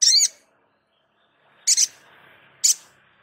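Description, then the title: Spiderhunter calls: three short high buzzy notes, the middle one doubled, spaced one to one and a half seconds apart. Training recording (masteran) for caged birds, Labaik variant. "Masteran Burung Sogok Ontong Labaik"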